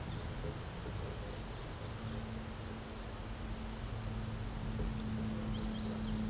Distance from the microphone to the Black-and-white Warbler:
about 40 m